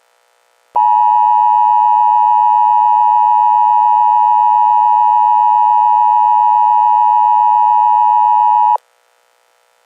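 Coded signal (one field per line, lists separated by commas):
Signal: Emergency Alert System (SAME) tones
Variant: 853 and 960 Hz attention tone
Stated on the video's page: Fictional EAS scenario.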